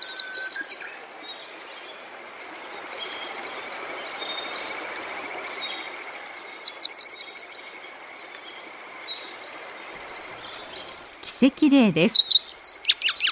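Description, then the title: Grey wagtail giving short bursts of quick, thin, high ticking notes separated by quiet gaps, with a louder harsh chirp near the end. Recorded on the Boso Peninsula, Chiba Prefecture, Japan. "房総半島（千葉県）のキセキレイ"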